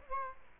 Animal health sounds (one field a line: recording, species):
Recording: mosquito wingbeat signal from an infrared sensor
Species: Culex quinquefasciatus